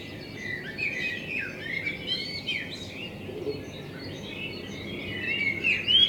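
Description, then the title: Common blackbird song of quick chirps and squeaky warbles running almost without pause, over a faint background rumble. Blackbird singing in front of the recordist's window; binaural recording with a homemade dummy head, meant for headphone listening. "Kunstkopfaufnahme der Amsel vor meinem Fenster"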